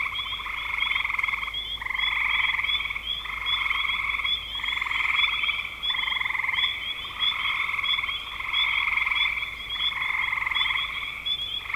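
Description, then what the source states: Frogs calling in chorus, buzzy pulsed trills repeated roughly every one and a half seconds with brief gaps between bursts. Recorded in spring 2025.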